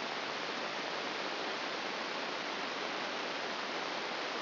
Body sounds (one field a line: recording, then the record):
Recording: brain microelectrode recording played as sound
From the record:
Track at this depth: outside the subthalamic nucleus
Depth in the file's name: 6.898 mm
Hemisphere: left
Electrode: 2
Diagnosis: Parkinson's disease